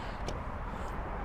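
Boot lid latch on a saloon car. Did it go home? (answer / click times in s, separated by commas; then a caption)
no / none. The boot lid of a 2004 Volvo S80 saloon car is being closed, its latch not yet caught. A steady broadband rumble runs throughout, with a brief high-pitched hiss near 0.3 s. Nothing has seated or clicked yet.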